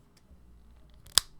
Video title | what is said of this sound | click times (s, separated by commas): Kastor's Korner Live Toy of the Day 175- Masters of the Universe Origins Deluxes | and you have to hear it click | 1.2 s